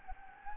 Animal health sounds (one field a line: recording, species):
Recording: mosquito wingbeat signal from an infrared sensor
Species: Anopheles gambiae